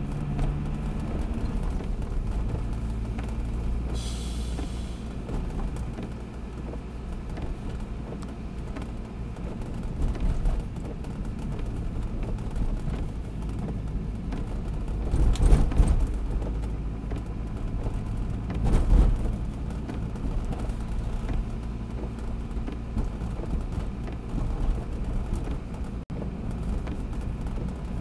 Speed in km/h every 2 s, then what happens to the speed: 39, 43, 44, 42, 43, 42, 40, 38, 38, 40, 41, 43, 43, 44.
0-16 steady at about 42. 16-28 speeds up to 44.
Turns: none.